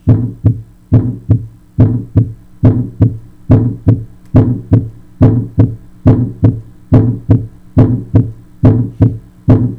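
Steady paired heart sounds at about 70 beats a minute, heard through a stethoscope, with a low, humming sound filling the gap after the first sound of each beat. This is a Still's murmur, an innocent murmur and a harmless finding.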